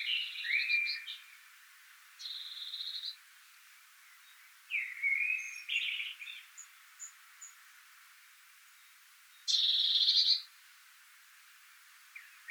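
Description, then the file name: Eurasian blue tit calls: short twittering phrases, a few faint high ticks, a buzzy held note, and one loud harsh churr near the end. "Cyanistes caeruleus"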